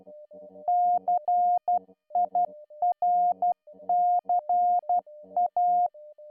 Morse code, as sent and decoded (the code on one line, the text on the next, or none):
-.-. .. .-. -.-. .-
CIRCA